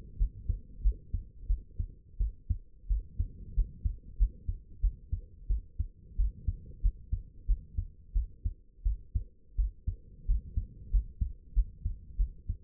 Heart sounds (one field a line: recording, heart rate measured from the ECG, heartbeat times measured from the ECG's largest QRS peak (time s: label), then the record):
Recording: heart sounds by stethoscope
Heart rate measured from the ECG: 90 bpm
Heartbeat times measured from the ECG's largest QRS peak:
0.18 s: heartbeat
0.83 s: heartbeat
1.48 s: heartbeat
2.18 s: heartbeat
2.88 s: heartbeat
3.55 s: heartbeat
4.18 s: heartbeat
4.81 s: heartbeat
5.48 s: heartbeat
6.17 s: heartbeat
6.82 s: heartbeat
7.47 s: heartbeat
8.14 s: heartbeat
8.84 s: heartbeat
9.57 s: heartbeat
10.27 s: heartbeat
10.91 s: heartbeat
11.54 s: heartbeat
12.17 s: heartbeat
From the record:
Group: healthy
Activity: rest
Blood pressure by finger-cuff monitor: 86/57 mmHg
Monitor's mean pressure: 70 mmHg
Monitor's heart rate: 90 bpm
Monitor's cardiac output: 7.9 L/min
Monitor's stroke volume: 88 mL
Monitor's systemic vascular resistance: 630 dyn s/cm5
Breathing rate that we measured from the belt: 18 breaths a minute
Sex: female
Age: 22 years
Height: 161 cm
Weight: 65.5 kg